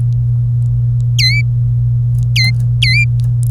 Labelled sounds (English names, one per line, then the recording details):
Domestic Canary song
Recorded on 26 April 2018 at 07:48
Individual llb3